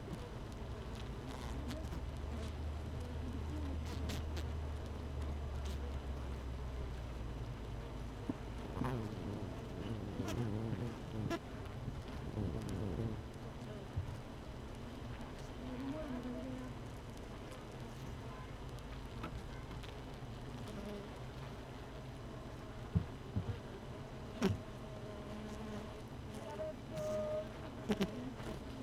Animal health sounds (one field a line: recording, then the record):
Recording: honeybee colony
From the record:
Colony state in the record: missing queen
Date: 31 May 2018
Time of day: 16:00